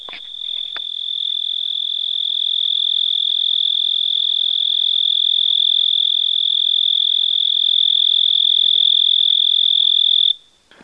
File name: Oecanthus pictus – Recorded at 26 03 2011 – 21 degree Celsius